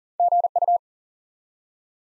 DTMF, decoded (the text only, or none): none